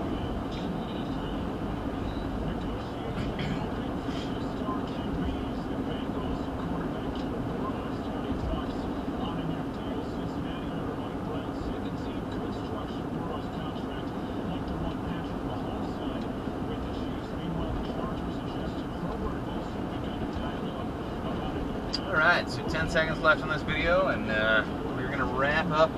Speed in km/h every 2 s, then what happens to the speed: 89, 89, 89, 89, 89, 89, 90, 89, 90, 89, 89, 89, 90.
0-26 steady at about 89.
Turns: none.